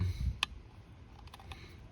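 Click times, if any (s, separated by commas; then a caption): 0.4 s. An iPhone XS charging-port flex cable's press-fit connector is pressed onto its logic board socket, giving one sharp, bright snap at 0.4 s. Fainter small ticks follow between about 1.2 and 1.9 s over a low hum. The connector snaps into place and is seated.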